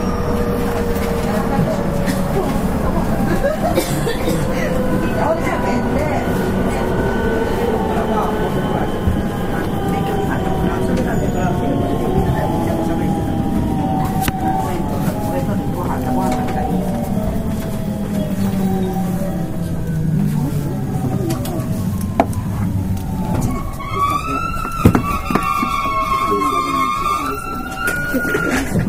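A 223 series electric train on a Kobe Line special rapid run rumbles steadily throughout. For about twenty seconds the motor's whine slides gradually downward as the train slows, then around 23 seconds new higher whining tones rise in steps as it pulls away again.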